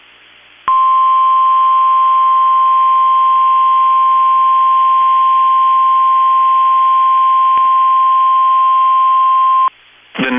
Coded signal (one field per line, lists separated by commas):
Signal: Emergency Alert System (SAME) tones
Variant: 1050 Hz attention tone